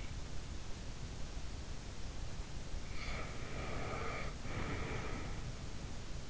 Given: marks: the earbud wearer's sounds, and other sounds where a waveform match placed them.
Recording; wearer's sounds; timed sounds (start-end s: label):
sounds in sleep by an in-ear microphone; breath
2.93-5.70 s: breath